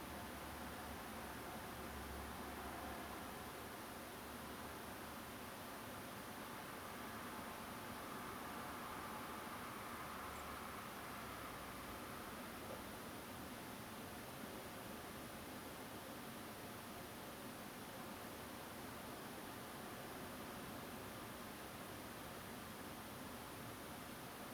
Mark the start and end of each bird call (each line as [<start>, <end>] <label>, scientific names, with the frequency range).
[10.35, 10.42] Turdus philomelos (7.1-9.6 kHz)